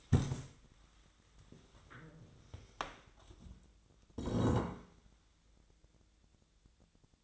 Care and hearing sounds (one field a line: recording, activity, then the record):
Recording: daily activity, microphone in the room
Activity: stand up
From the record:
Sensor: 3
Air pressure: 1000.4 hPa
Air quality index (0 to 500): 168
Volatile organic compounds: 3 ppm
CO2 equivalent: 1460 ppm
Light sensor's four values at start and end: 15/34/15/15 and 14/34/15/15